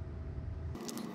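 3D-printed plastic shell parts are handled and pressed against the body of a robot toy after its last wire has been soldered. A low rumble gives way to brighter plastic handling noise with a brief sharp tap at about 0.9 s. Nothing has seated or clicked into place yet.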